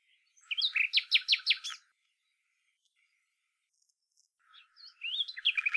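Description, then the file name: Common nightingale singing a fast series of repeated sharp notes, then a pause, then a new phrase of varied notes. "Luscinia megarhynchos"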